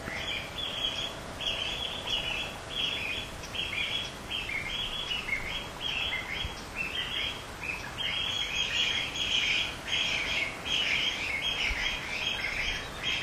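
Bamboo partridge calling: a fast, busy run of shrill, scratchy notes, almost continuous, layered over steady background hiss.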